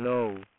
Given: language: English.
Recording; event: throat vibration sensor signal played as sound; speech